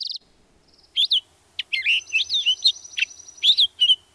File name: Purple Finch